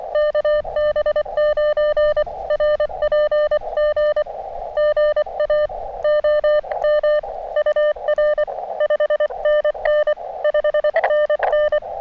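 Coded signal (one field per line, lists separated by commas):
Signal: Morse code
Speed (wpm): 24 wpm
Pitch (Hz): 590 Hz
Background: none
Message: KB9RPG GA OM UR 5NN 5NN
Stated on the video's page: Parks On The Air activation from a state park with decent band conditions but heavy QRN from nearby storms.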